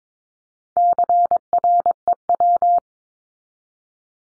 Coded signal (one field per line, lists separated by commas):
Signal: Morse code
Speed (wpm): 22 wpm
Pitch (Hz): 700 Hz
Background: none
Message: CREW